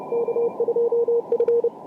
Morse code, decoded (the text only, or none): K2F